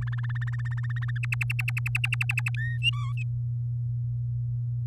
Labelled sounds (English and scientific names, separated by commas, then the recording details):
Domestic Canary (Serinus canaria) song
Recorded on 8 May 2018 at 06:04
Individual llb16